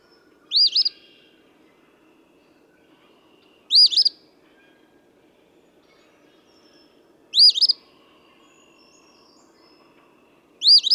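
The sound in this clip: Eastern phoebe song, four loud, crisp burry phrases repeated roughly every three and a half seconds over quiet background.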